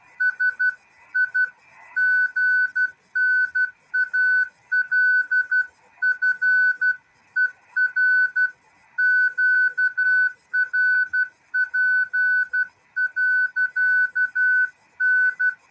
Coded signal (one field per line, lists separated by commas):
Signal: Morse code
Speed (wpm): 12 wpm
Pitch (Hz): 1500 Hz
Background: music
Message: SIGNAL FER QRP.N